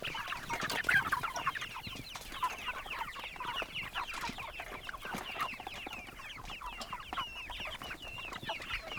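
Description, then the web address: Chickens clucking: many overlapping clucks and squawks in a busy, continuous chorus. On a goat farm. "Sky Cloud Audio Post Production GOAT FARM SOUNDS Chickens"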